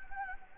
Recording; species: mosquito wingbeat signal from an infrared sensor; Anopheles gambiae